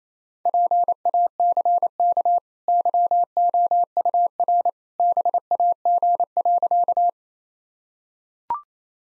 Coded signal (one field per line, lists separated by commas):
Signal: Morse code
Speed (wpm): 28 wpm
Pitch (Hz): 700 Hz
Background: none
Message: PACK YOUR BAG.